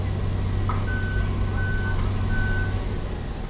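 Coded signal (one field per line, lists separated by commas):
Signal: none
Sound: truck reversing beeps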